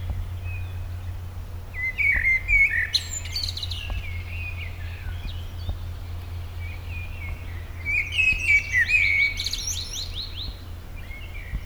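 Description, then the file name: Common blackbird song, two rich fluted phrases several seconds apart, each closing with a squeaky, rapid high flourish, over a continuous low droning hum. "Turdus merula"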